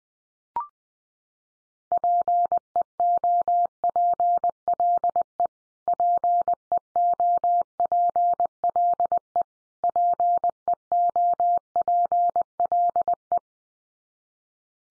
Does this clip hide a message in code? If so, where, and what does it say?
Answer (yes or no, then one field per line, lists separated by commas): yes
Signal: Morse code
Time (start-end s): 1.9-13.4 s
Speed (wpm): 20 wpm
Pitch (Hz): 700 Hz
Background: none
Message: PEOPLE PEOPLE PEOPLE